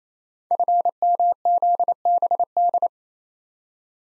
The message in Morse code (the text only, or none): FMZBD